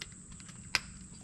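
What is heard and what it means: A second old wire terminal is pushed out of the plastic plug housing on the power plug of a Shurflo Piranha live well pump, releasing with a sharp click at 0.8 s. A faint tick sounds at the very start against a low steady hum, and the terminal comes free of the plug.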